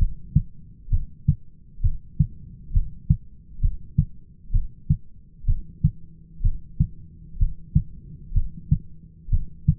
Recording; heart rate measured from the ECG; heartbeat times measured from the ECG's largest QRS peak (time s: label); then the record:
heart sounds by stethoscope; 64 bpm
0.92 s: heartbeat
1.84 s: heartbeat
2.74 s: heartbeat
3.63 s: heartbeat
4.54 s: heartbeat
5.48 s: heartbeat
6.44 s: heartbeat
7.40 s: heartbeat
8.35 s: heartbeat
9.32 s: heartbeat
From the record:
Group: heart failure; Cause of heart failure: idiopathic cardiomyopathy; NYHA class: 1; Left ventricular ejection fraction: 50%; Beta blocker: bisoprolol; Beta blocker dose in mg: 5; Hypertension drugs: candesartan, spironolactone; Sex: male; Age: 54 years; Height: 180 cm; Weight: 94.6 kg